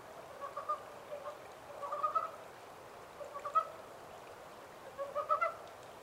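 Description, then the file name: Japanese mountain brown frog giving clucking pulse bursts, several groups of a few quick notes, separated by quiet hiss. Recorded 14 April 2010 at 03:17. "yamaakagaeru-20100414-0317"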